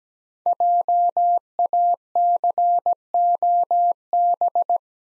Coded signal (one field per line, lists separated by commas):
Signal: Morse code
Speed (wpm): 17 wpm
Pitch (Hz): 700 Hz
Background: none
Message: JACOB